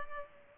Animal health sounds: mosquito wingbeat signal from an infrared sensor; Culex pipiens

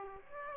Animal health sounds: mosquito wingbeat signal from an infrared sensor; Aedes aegypti

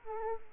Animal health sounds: mosquito wingbeat signal from an infrared sensor; Aedes aegypti

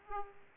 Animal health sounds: mosquito wingbeat signal from an infrared sensor; Aedes aegypti

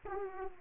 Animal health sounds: mosquito wingbeat signal from an infrared sensor; Aedes aegypti

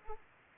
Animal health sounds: mosquito wingbeat signal from an infrared sensor; Anopheles arabiensis

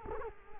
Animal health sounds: mosquito wingbeat signal from an infrared sensor; Culex quinquefasciatus

